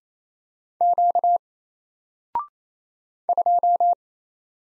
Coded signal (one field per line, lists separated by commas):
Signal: Morse code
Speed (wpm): 27 wpm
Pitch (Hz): 700 Hz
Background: none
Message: Q 2